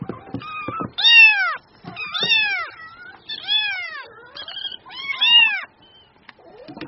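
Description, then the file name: Cat: kitten meows, four or five loud arching squeaky cries in a row, about one per second, with a few soft clicks. Kitten mewing cutely (Vietnamese: tiếng mèo con kêu nũng nịu dễ thương). "Tieng meo con keu nung niu de thuong"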